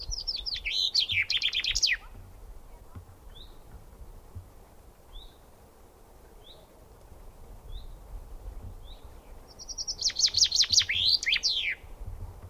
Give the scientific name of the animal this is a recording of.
Fringilla coelebs